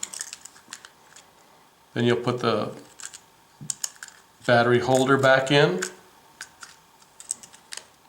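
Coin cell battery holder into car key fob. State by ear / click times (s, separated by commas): seated / 7.3 s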